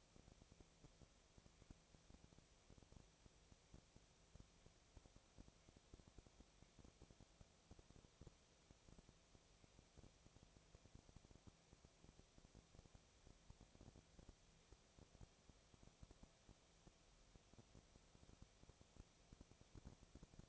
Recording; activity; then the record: daily activity, microphone in the room; no activity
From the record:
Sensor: 1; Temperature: 19.6 degrees Celsius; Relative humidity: 36.4%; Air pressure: 997.0 hPa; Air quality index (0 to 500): 204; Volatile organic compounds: 127 ppm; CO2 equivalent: 3912 ppm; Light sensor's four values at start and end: 1/2/1/1 and 1/2/1/1